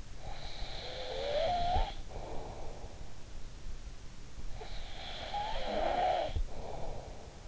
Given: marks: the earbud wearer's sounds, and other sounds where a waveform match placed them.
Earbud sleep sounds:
sounds in sleep by an in-ear microphone; snoring breath
0.20-2.96 s: snoring breath
4.49-7.48 s: snoring breath

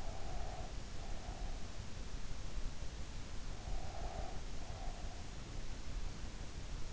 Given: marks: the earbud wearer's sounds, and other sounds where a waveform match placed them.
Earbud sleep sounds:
sounds in sleep by an in-ear microphone; breath
0.00-1.69 s: breath
3.59-5.31 s: breath

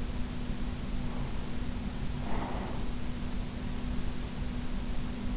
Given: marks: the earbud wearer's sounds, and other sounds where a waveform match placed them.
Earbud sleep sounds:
sounds in sleep by an in-ear microphone; breath
1.74-3.06 s: breath

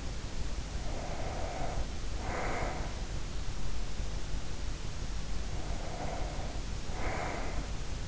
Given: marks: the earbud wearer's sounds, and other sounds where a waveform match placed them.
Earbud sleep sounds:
sounds in sleep by an in-ear microphone; breath
0.52-3.57 s: breath
5.20-8.08 s: breath

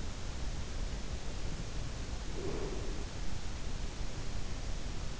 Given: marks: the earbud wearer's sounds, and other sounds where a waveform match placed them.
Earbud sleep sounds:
sounds in sleep by an in-ear microphone; breath
2.18-3.18 s: breath

